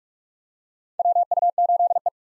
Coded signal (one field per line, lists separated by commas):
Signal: Morse code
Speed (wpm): 46 wpm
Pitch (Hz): 700 Hz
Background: none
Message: WU8E